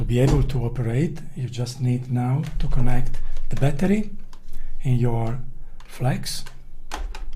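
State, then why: Not seated. Someone talks while a rechargeable battery is handled for insertion into a Coatmaster Flex handheld coating thickness gauge. A few short sharp handling sounds come near the end, at about 6.9, 7.2 and 7.3 seconds. Nothing has seated or clicked yet.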